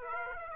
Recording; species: mosquito wingbeat signal from an infrared sensor; Aedes aegypti